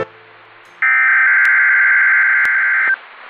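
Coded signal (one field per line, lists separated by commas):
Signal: Emergency Alert System (SAME) tones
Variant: header bursts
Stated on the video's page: EAS required weekly test from NOAA weather radio station Toledo on 162.500 MHz, transmitter in Holland, Ohio, recorded in Lucas County.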